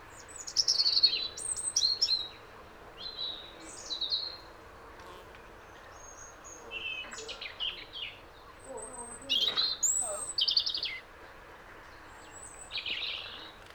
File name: Robin female call and song Lytchett Matravers